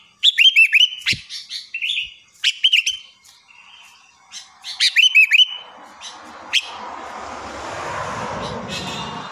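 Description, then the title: Sooty-headed bulbul song: short bubbly, whistled phrases of a few quick notes, repeated several times, followed by a broad hiss of background noise. "Kutilang"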